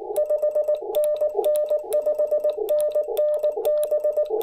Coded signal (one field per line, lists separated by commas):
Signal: Morse code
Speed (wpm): 19 wpm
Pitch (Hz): 600 Hz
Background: none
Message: 5NN 5NN B